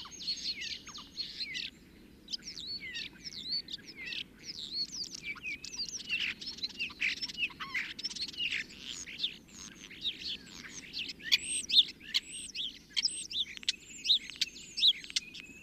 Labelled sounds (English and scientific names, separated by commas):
European Starling (Sturnus vulgaris) song